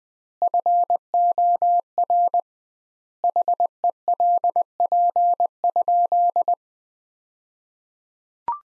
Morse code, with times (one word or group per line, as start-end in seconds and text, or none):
0.4-2.4 FOR
3.2-6.5 HELP?